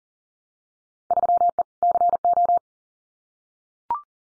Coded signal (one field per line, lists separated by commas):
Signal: Morse code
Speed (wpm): 42 wpm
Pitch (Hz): 700 Hz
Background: none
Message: 3E CO